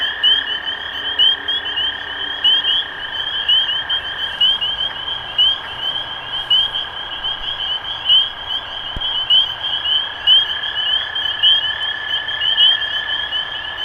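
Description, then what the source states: Spring peepers giving sharp, rising peeps in a thick chorus, with a steady lower trill running beneath and a single brief click midway. Recorded 23 March 2012.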